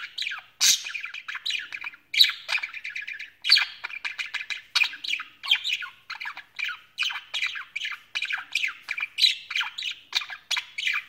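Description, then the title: Budgerigar chattering steadily, with rapid scratchy warbles and sharp squawks, including one loud harsh note near the start. "Budgie Sounds"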